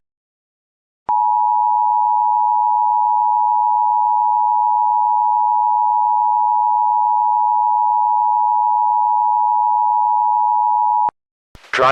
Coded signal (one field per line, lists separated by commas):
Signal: Emergency Alert System (SAME) tones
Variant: 853 and 960 Hz attention tone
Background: speech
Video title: EAS Scenario #11: THE MOST BRUTAL WINTER IN HUMAN EXISTANCE